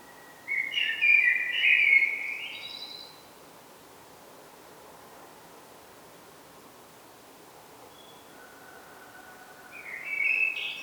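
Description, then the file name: Common blackbird with a wavering whistled phrase, then a long quiet pause before a shorter, fainter whistle near the end. "Turdus merula"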